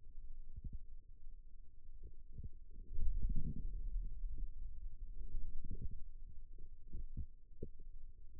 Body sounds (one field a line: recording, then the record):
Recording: forearm muscle sounds (acoustic myography)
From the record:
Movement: radial deviation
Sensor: system 2, bracelet of six BSWA MPA416 microphones around the upper forearm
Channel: 2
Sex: male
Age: 22 years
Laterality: right